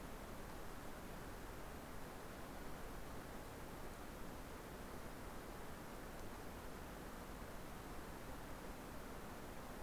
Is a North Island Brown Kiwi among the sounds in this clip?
no